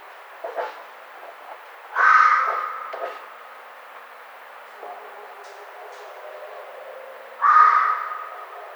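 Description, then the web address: Red fox making two loud, rasping screams several seconds apart, with a few faint sounds between them against a steady background hiss. Recorded on 1 May 2009. "Red Fox 2009 05 01"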